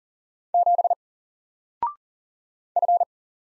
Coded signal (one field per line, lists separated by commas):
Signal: Morse code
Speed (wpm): 40 wpm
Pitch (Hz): 700 Hz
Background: none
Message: 7 F